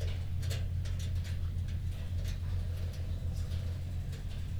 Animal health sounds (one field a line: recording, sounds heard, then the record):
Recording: poultry house recording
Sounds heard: healthy chickens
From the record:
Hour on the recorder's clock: 1